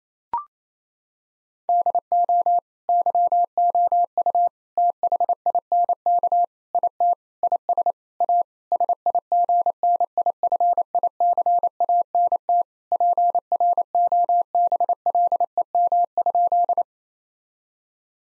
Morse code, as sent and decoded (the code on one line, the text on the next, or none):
-.. --- / -.-- --- ..- / - .... .. -. -.- / .. - / .. ... / .- / ... .. --. -. .. ..-. .. -.-. .- -. - / .--. .-. --- -... .-.. . -- ..--..
DO YOU THINK IT IS A SIGNIFICANT PROBLEM?